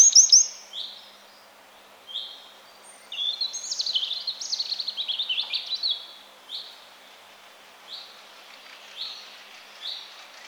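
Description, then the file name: Eurasian wren song: high twittering notes and a hurried trill phrase, framed by separate short high chips repeated at intervals. "Troglodytes troglodytes"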